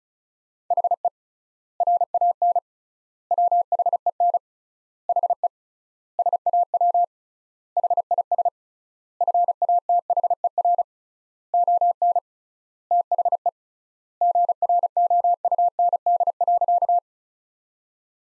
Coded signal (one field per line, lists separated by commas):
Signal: Morse code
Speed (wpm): 34 wpm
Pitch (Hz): 700 Hz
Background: none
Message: HE RAN WHEN HE SAW HIS FATHER ON THE GROUND.